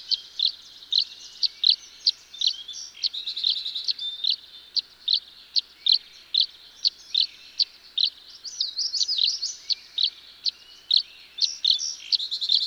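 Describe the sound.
Tree swallow chirping: short high notes repeated at a steady pace, with bursts of jumbled twittering.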